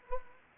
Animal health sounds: mosquito wingbeat signal from an infrared sensor; Anopheles arabiensis

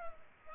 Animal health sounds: mosquito wingbeat signal from an infrared sensor; Culex pipiens

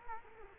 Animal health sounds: mosquito wingbeat signal from an infrared sensor; Culex quinquefasciatus

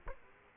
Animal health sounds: mosquito wingbeat signal from an infrared sensor; Aedes aegypti

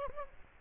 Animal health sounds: mosquito wingbeat signal from an infrared sensor; Aedes aegypti

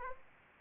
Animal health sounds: mosquito wingbeat signal from an infrared sensor; Anopheles arabiensis

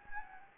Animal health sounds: mosquito wingbeat signal from an infrared sensor; Anopheles gambiae

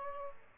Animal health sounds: mosquito wingbeat signal from an infrared sensor; Aedes albopictus

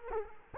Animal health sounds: mosquito wingbeat signal from an infrared sensor; Culex quinquefasciatus

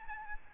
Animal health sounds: mosquito wingbeat signal from an infrared sensor; Aedes albopictus

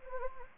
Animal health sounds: mosquito wingbeat signal from an infrared sensor; Anopheles gambiae

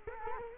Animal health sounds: mosquito wingbeat signal from an infrared sensor; Culex quinquefasciatus

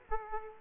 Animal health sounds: mosquito wingbeat signal from an infrared sensor; Aedes aegypti

